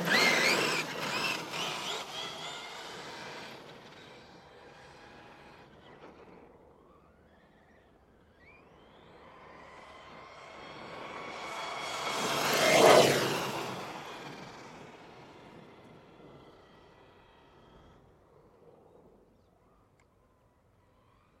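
An RC truck's brushless motor whines loudly at the start, then fades as it drives away. Around 12 to 13 seconds it screams past with a rising and falling pitch, tires hissing on asphalt, before receding into a quiet village road.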